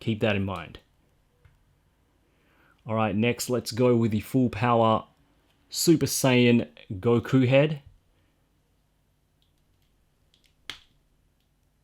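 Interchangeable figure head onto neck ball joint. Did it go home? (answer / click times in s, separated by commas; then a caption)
yes / 10.7 s. Someone talks, then a full power Super Saiyan Goku interchangeable head is pushed onto the plastic neck ball joint of an S.H.Figuarts Super Saiyan God Son Goku action figure. A few faint ticks lead up to one sharp click at 10.7 s as the head seats onto the neck peg.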